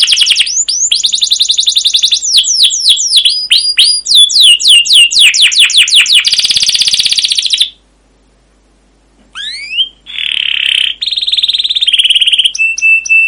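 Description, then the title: Canary trilling in quick downslurred series and a buzzy rolling stretch, falling silent briefly, then resuming with rising sweeps, buzzes and steady whistled tones. Canary (kenari) masteran of long, rolling 'ngerol' 'gacor' song with 'cuit cuit' chirps, used as a lure to prompt other canaries to sing. "CUIT CUIT NGEROL LANGSUNG GACOR PANJANG Kenari Ini AMPUH Utk Pancingan KENAR. Masteran Suara Burung Kenari Gacor Panjang cuit cuit Ngerol untuk Pancingan Kenari!"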